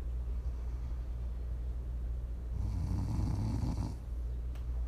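A single snore from an adult in sleep, a low, rumbling inhalation rising over steady low-frequency background hum, with a brief click near the end.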